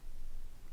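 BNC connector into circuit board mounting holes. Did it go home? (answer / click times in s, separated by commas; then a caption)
no / none. A board-mount BNC connector is handled and lined up with its two mounting holes in a QRP Labs 50 ohm 20 W dummy-load kit circuit board before being pressed in. Only faint, steady low-level noise is heard, with no sharp sounds. Nothing has seated or clicked yet.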